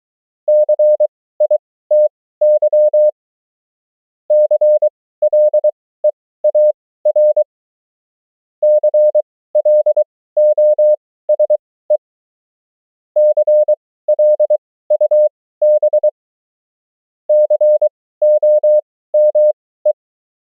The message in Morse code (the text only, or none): CITY CLEAR CLOSE CLUB COME